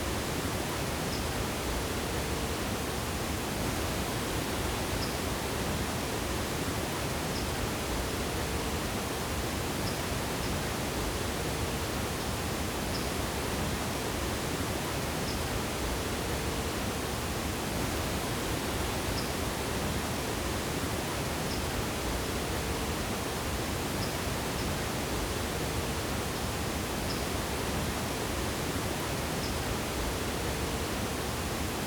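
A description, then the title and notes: Wind rushes steadily through a forest, a dense, unbroken roar that fills everything from low rumble to airy hiss and holds the same level throughout. Faint, high chirps, possibly birds, peep through every few seconds. The Windy Forest.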